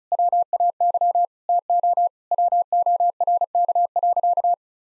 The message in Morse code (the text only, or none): WAY TO WORK.